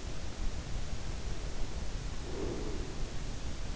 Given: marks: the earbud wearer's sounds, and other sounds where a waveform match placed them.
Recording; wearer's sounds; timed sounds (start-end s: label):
sounds in sleep by an in-ear microphone; breath
1.99-3.09 s: breath